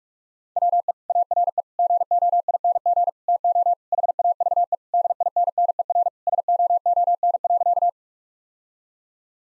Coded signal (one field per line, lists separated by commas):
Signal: Morse code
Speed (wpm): 41 wpm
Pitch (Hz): 700 Hz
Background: none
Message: WE ARE GOING TO HAVE DINNER SOON.